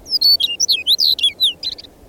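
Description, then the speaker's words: Chestnut-collared longspur singing a quick, high, tumbling warble of slurred sweet notes lasting about two seconds. Prefers ungrazed or lightly grazed vegetation and has become rare on the Great Plains. "But birds which prefer ungrazed or lightly grazed vegetation have become rare, such as chestnut-collared longspurs."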